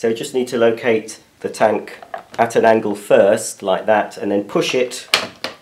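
Someone talks while handling the plastic clean water tank of a Vax Dual Power Pro carpet washer, locating it at an angle on the machine before pushing it on. A brief sharp sound occurs near 5.4 s. Nothing has seated or clicked yet.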